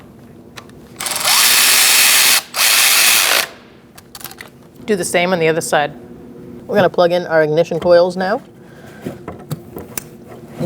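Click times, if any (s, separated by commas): 10.0 s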